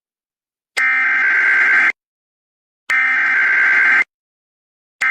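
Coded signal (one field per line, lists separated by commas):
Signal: Emergency Alert System (SAME) tones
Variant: header bursts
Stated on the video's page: High wind warning alert for New Jersey and Delaware.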